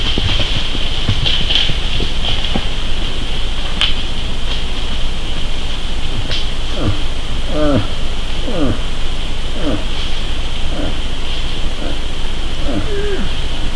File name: Moose mate